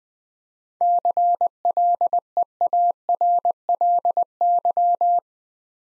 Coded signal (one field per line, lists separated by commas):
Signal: Morse code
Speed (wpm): 20 wpm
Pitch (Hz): 700 Hz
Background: none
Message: CLEARLY